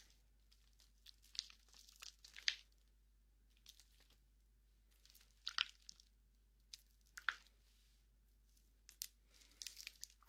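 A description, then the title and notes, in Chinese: Hands rub together in short bursts of dry, bright rustling, a few seconds apart, over a faint low hum. 揉搓双手。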